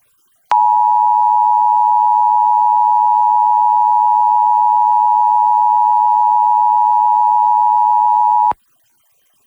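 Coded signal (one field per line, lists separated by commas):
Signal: Emergency Alert System (SAME) tones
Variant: 853 and 960 Hz attention tone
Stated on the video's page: EAS Required Monthly Test relayed by an FM station, recorded from a stereo with a Zoom H1 recorder.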